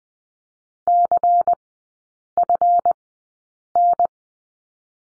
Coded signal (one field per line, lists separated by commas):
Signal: Morse code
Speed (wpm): 20 wpm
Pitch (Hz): 700 Hz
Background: none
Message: CFN